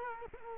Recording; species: mosquito wingbeat signal from an infrared sensor; Culex quinquefasciatus